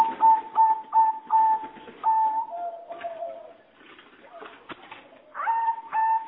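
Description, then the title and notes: Bird song of clear, level whistled notes near one pitch, repeated in short phrases, then a lower, softer passage before the whistles return. "Bird Sound. Kicau Burung Lengkap"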